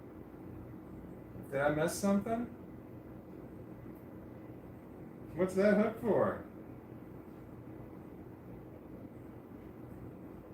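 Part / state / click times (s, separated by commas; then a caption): plastic brick piece onto model / not seated / none. A plastic Lego brick piece is examined and lined up onto a model, with a small hook on it drawing attention, before it is decided to press it on. Someone talks in two short bursts around 1.5–2.5 s and 5.4–6.3 s over a steady low background hiss. Nothing has seated or clicked yet.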